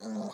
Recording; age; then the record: pig call; piglet (1 to 25 days)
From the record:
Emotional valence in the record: negative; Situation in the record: short isolation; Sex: male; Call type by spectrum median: low-frequency call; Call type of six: mixed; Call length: 0.35 s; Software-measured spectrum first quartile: 214 Hz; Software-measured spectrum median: 383 Hz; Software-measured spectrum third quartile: 939 Hz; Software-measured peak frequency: 214 Hz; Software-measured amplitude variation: 88 dB a second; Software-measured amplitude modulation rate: 7.2 a second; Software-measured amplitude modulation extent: 12.2 dB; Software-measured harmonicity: 5.8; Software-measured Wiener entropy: -0.58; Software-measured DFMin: 1271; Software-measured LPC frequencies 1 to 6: 544, 3732, 4339, 6399, 8166, 9912 Hz